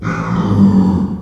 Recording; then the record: squeal of a Yucatan mini pig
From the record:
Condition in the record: after surgery on the right vocal fold (resection and tissue-engineered implant); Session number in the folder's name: 16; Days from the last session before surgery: 183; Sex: female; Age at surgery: 19 weeks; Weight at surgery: 25 kg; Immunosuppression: prednisolone